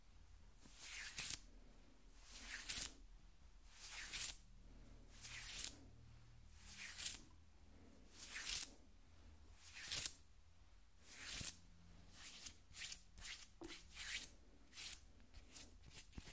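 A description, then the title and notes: Fingernails scratch across skin in slow, even strokes, each a bright, hissing rasp about every second and a half. After around twelve seconds the strokes turn shorter and quicker. A faint low hum runs steadily underneath. ASMR Skin Scratching 1 Hour (No Talking).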